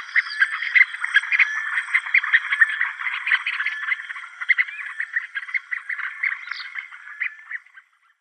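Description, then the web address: Spur-winged goose calling in a rapid run of short, high, bubbling notes, packed closely and repeated steadily for nearly eight seconds before stopping. "Schulze Peter Spur-winged Goose"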